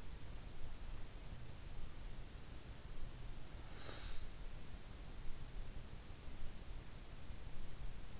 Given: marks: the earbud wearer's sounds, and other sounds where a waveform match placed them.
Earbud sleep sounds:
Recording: sounds in sleep by an in-ear microphone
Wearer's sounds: breath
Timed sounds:
2.63-4.66 s: breath

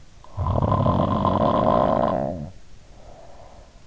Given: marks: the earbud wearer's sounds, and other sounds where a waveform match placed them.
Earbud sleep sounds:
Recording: sounds in sleep by an in-ear microphone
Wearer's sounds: snoring breath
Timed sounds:
0.39-3.63 s: snoring breath

